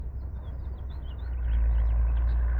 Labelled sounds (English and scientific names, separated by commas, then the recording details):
House Finch (Haemorhous mexicanus) song
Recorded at Wantgh on Long Island, New York, on 21 May 1975
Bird A